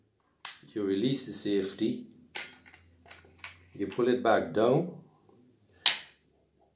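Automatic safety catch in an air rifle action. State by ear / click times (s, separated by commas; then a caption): seated / 5.9 s. While decocking a Norica Quick .22 cal underlever spring-piston air rifle, someone talks as the lever and trigger are lowered back down. At 5.9 s the metal automatic safety catch in the action re-engages with a sharp click, showing the safety is on again.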